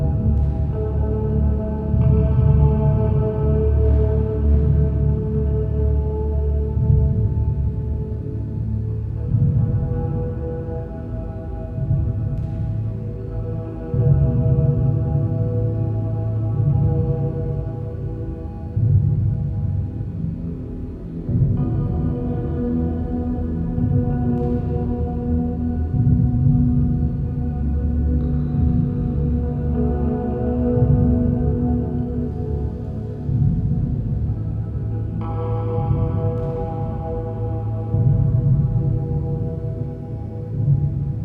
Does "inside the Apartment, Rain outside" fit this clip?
no